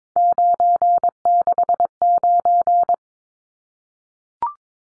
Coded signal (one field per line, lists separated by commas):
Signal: Morse code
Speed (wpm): 22 wpm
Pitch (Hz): 700 Hz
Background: none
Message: 969